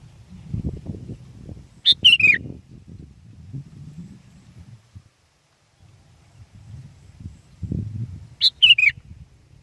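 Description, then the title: Sooty-headed bulbul sings two lively descending phrases several seconds apart, with low rumbling noise between them. "kutilang"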